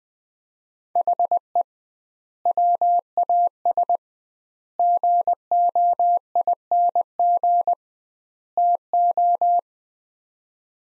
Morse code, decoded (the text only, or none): HE WAS GOING TO